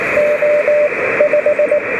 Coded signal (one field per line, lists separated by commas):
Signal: Morse code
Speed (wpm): 18 wpm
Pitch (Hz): 590 Hz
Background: radio noise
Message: O 5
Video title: Review: 20 dollar charger and batteries - Any good to run an FT817/8?